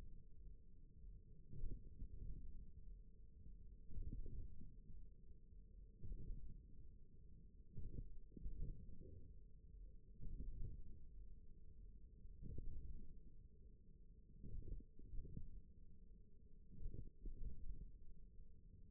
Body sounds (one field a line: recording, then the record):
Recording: forearm muscle sounds (acoustic myography)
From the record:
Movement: ulnar deviation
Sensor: system 1, eight BSWA MPA416 microphones around the upper forearm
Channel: 4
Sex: male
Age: 41 years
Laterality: right